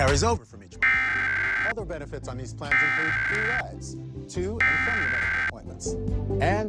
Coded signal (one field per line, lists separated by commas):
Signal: Emergency Alert System (SAME) tones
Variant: header bursts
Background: speech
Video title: US National Emergency Alert System (EAS) Test — October 4, 2023